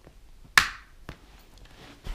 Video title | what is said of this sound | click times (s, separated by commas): Icon Variant Battlescar: Unboxing/Review/Shield Change How To | clicks back into place like that | 0.6 s